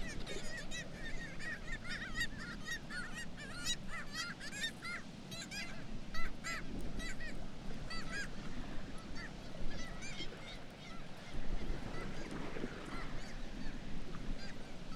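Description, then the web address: Black-legged kittiwakes in a noisy chorus of loud, overlapping nasal cries, busiest in the first half, over a steady low roar. "sound Black-legged-kittiwake. صدای-پرنده-کاکایی-پاسیاه"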